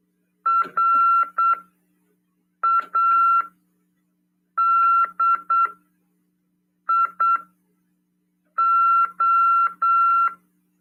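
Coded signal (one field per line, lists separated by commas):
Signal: Morse code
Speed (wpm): 8 wpm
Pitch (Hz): 1360 Hz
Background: none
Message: RADIO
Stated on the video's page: Amateur radio lesson on CW, broadcast on FM 146.410 MHz.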